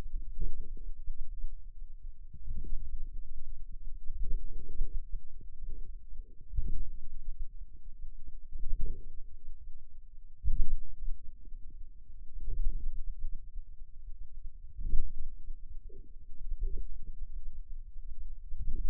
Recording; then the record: forearm muscle sounds (acoustic myography)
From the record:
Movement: outward rotation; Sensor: system 2, bracelet of six BSWA MPA416 microphones around the upper forearm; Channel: 5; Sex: male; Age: 22 years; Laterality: right